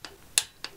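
A torque wrench set in ft-lb tightens a bolt on a car on a first pass at 20 Nm and gives a sharp, bright click at its setting at 0.4 s. Two weaker short ticks come at 0.1 s and 0.6 s. The wrench reaches its set torque and the first pass is done.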